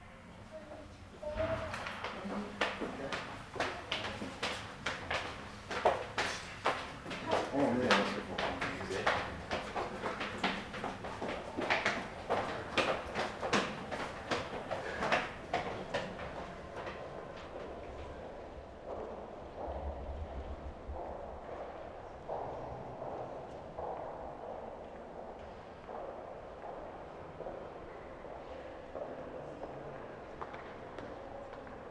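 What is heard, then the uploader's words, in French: A walk through a busy public space in Belgium, with voices and a rapid, dense clatter of sharp knocks and steps through the first half. After about fifteen seconds the clatter thins and softens, leaving a duller murmur with a brief low rumble near twenty seconds. Une marche traversant des espaces sonores Belges. Namur, Eupen, St-amands, Malines, Binche.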